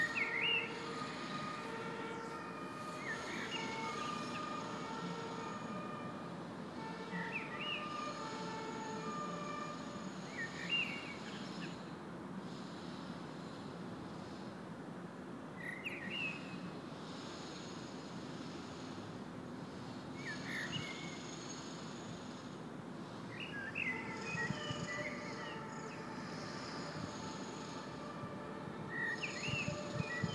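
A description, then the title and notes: A steady, dense low rumble of city and machinery noise fills the morning throughout. Long, layered tones swell and fade over it like sirens, while short bright chirps, probably an early bird, break through every few seconds. Early bird, jackhammer, sirens at Osthafen on Thursday morning.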